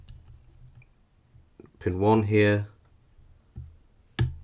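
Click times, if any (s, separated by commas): 4.2 s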